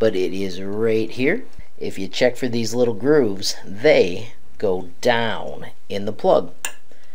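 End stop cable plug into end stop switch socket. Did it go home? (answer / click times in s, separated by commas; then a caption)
no / none. An end-stop cable plug is lined up by its grooves with the end-stop switch socket on the frame of an ATOMSTACK A5 M50 PRO laser engraver. Someone talks throughout while handling the plug. Nothing has seated or clicked yet.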